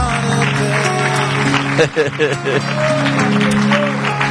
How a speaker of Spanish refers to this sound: ¿Se anima a darle un aplauso con sus manos al Señor? Dele gracias al Señor. Dele gracias al Señor. ¿Está aplaudiendo o está haciendo tortillas?